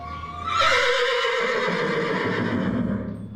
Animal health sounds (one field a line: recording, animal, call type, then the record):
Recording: contact call of a hoofed animal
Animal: horse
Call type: whinny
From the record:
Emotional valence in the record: positive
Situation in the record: reunion with the whole group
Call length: 3.4 s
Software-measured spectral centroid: 2110 Hz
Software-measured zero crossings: 2140 a second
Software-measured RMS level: -24 dBFS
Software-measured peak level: -9 dBFS